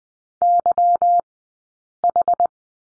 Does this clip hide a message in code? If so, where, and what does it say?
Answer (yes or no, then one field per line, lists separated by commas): yes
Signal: Morse code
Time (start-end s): 0.4-2.5 s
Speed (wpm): 20 wpm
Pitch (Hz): 700 Hz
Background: none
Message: YH